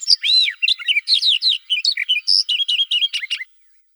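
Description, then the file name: Barred warbler singing a rapid jumble of harsh chattering notes mixed with clearer whistled slurs, running for about three and a half seconds before stopping. "Slavka jastrebinaja"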